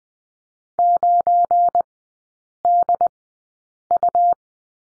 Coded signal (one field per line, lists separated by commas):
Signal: Morse code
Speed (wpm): 19 wpm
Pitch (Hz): 700 Hz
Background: none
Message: 9DU